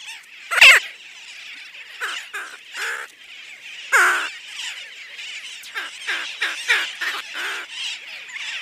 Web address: Schulze Peter Bridled Tern